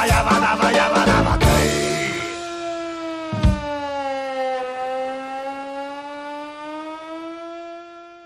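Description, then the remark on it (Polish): In a song, a voice imitates a siren with the mouth in one long, sustained wail that dips and slowly rises in pitch, fading toward the end. It follows a brief noisy burst, with a single thump midway. “ale najciekawsze dla mnie to jest ta syrena, paszczą, no fenomenalnie po prostu.”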